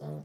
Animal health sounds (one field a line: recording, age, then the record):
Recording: pig call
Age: piglet (1 to 25 days)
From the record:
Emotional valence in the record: negative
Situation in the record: short isolation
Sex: female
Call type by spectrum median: low-frequency call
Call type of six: low-frequency stable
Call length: 0.25 s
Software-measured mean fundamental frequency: 74 Hz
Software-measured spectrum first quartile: 153 Hz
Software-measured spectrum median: 253 Hz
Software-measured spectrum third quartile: 536 Hz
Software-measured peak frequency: 445 Hz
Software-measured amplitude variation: 76 dB a second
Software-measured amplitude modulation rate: 14.0 a second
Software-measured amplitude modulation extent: 5.5 dB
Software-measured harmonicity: 1.8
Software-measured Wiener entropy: -0.21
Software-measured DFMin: 1505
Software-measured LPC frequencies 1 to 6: 544, 3435, 4412, 5137, 5817, 6939 Hz